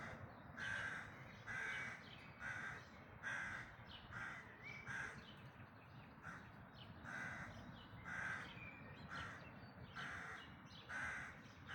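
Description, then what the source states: Bird repeating coarse caws steadily, about thirteen across the stretch, slightly uneven in timing, with faint background noise. Dawn chorus recorded in May 2026.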